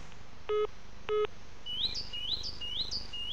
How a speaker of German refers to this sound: Das Grün, die Vögel, ist einfach herrlich.